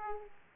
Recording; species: mosquito wingbeat signal from an infrared sensor; Aedes aegypti